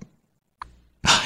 Can y'all hear these baby hiccups right now? He's got the littlest hiccups. Those are baby hiccups live on air.